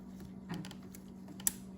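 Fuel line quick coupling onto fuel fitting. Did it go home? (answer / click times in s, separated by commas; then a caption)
yes / 1.5 s. A fuel line quick coupling is pushed onto a fuel fitting until it is fully seated, since the bike will not start unless it seats all the way. A few faint ticks sound around 0.5–0.7 s over a steady low hum, then a sharp, loud click at 1.5 s marks the coupling seating home.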